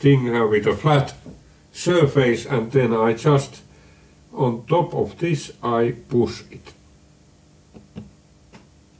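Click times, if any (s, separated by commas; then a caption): 8.0 s, 8.6 s. Someone talks while pressing a small metal part onto its conical seat (taper) inside a dial indicator during an overhaul, pushing from the top with a small flat-ended tool. After the talk, two quiet ticks sound at 8.0 s and 8.6 s as the part snaps onto the taper and is seated.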